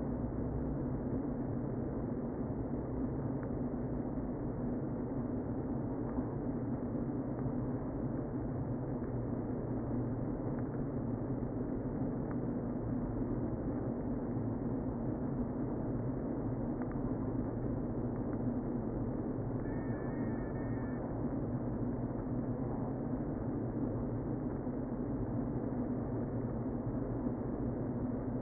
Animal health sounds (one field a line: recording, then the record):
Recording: honeybee colony, microphone inside the hive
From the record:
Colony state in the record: queen present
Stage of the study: before two queens were removed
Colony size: about 60,000 bees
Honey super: yes